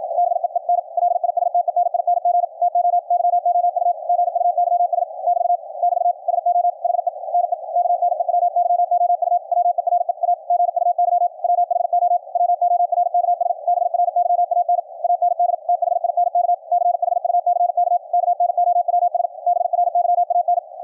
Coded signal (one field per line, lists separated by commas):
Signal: Morse code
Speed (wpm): 53 wpm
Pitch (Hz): 700 Hz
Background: none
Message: BEEN LISTENING TO YOU GUYS <BT> <BT> SO HE NE KNEW YOU WERE A GUY WHO WORKS BRYAN AND THINK CHUCK KNOWS BRYAN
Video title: QRQ CW NET on 40 meters - recorded LIVE from an Elecraft K3S on 10-12-2019